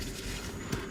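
A rebuilt front right-hand outer CV axle shaft from a 2005–2010 GM Chevy Cobalt or Pontiac G5, fitted during a CV boot replacement, is handled and pushed back into the transaxle or hub so its retainer ring can engage. There is a steady low rumbling background with a brief, soft low thud around 0.7 s. Nothing has seated or clicked yet.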